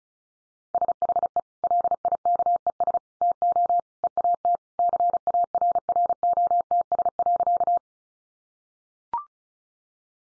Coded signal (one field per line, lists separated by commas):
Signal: Morse code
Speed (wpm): 34 wpm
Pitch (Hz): 700 Hz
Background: none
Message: SHE LIKES TO EAT CARROTS.